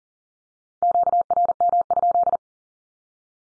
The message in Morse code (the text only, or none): QRM?